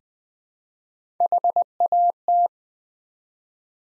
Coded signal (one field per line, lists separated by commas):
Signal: Morse code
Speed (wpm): 20 wpm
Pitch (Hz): 700 Hz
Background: none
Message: HAT